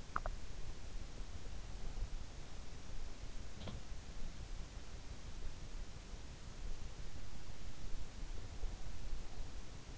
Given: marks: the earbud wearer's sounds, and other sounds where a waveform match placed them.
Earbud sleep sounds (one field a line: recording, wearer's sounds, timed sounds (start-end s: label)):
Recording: sounds in sleep by an in-ear microphone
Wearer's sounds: teeth grinding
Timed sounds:
0.00-0.45 s: teeth grinding
3.44-4.02 s: sound from someone else or the room